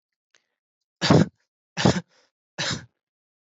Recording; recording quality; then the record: shallow voluntary cough; excellent, no background noise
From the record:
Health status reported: healthy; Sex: male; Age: 24 years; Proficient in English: yes